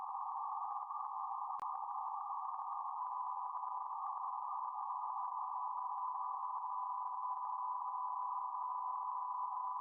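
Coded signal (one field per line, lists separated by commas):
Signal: PSK31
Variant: BPSK31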